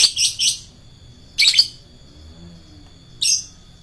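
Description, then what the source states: Lovebird song in short bursts of harsh, high chittering notes, three clusters spaced one to two seconds apart. Adult lovebird kept as a fighter bird.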